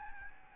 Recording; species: mosquito wingbeat signal from an infrared sensor; Aedes albopictus